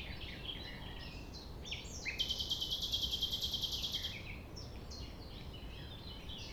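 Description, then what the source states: Common nightingale song: a loud, rapid pulsed trill hammered out for about two seconds between runs of repeated high, descending notes. Recorded at 6 a.m. at sunrise near the Thève, at Champ de Ménage; the nightingale sings without waiting for silence.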